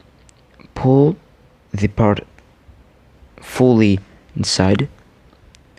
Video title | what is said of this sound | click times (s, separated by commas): Lego Working gun!!!(mechanism tutorial) | and you hear that clicky noise, let me hear, you guys hold up, | 5.5 s, 5.8 s